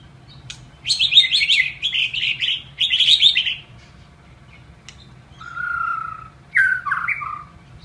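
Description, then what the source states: White-rumped shama singing quick bursts of high chattering notes, followed by a lower smooth whistle and a short warbled phrase, with steady low hum beneath. Masteran (training recording) of a White-rumped shama.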